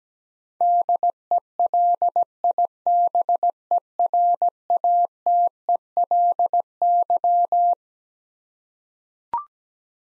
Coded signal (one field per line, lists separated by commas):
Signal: Morse code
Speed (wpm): 17 wpm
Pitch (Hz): 700 Hz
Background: none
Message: DELIBERATELY